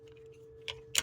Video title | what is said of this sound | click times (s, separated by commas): Ford Lincoln Chevrolet GMC key fob battery swaps how not to break your fob | you'll hear the audible click | 0.7 s, 1.0 s